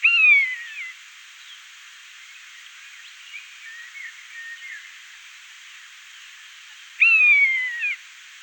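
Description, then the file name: Common buzzard uttering two plaintive descending mews about seven seconds apart, with faint soft chirps and a steady hiss in the gap. "Maeusebussard"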